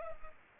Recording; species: mosquito wingbeat signal from an infrared sensor; Culex pipiens